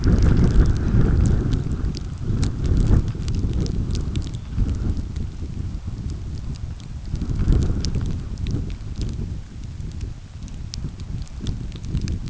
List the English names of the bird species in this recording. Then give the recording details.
none. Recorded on Arctic tundra, site UTQI-5, on 29 June 2018. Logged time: 02:00